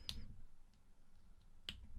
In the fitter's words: Little click, really push that in.